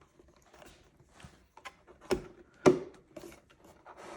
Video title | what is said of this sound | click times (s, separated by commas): How to Change the Battery | move things around and you heard it click in place | 2.7 s